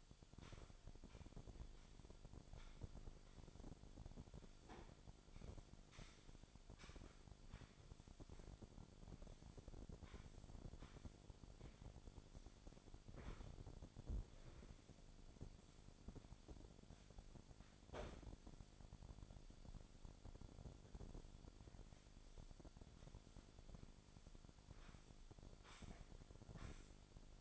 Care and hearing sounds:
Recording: daily activity, microphone in the room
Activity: sweep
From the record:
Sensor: 5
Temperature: 26.3 degrees Celsius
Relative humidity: 38.1%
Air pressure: 1007.1 hPa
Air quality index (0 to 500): 179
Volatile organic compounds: 5 ppm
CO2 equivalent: 1708 ppm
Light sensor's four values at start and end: 56/158/61/61 and 55/158/61/61

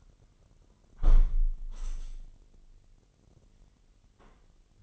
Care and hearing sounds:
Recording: daily activity, microphone in the room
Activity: close window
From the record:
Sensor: 4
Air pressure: 999.0 hPa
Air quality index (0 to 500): 127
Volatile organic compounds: 2 ppm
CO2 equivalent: 1252 ppm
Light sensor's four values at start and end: 8/20/8/8 and 8/20/8/8

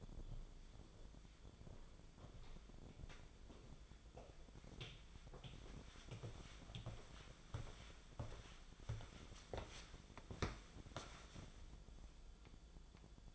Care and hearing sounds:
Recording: daily activity, microphone in the room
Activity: walk to room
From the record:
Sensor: 5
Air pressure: 1010.1 hPa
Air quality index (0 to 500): 142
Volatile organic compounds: 3 ppm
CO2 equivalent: 1387 ppm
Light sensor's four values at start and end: 272/680/285/311 and 296/666/301/345

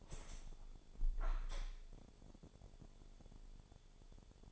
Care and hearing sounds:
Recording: daily activity, microphone in the room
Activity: open window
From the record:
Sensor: 5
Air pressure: 1015.0 hPa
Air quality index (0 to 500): 103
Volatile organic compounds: 2 ppm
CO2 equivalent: 1102 ppm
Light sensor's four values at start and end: 35/80/32/31 and 35/80/32/31

